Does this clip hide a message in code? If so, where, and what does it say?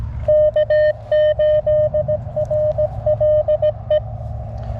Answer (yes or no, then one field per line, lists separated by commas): yes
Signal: Morse code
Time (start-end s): 0.3-4.0 s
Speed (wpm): 15 wpm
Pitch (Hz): 590 Hz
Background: none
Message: K8RLE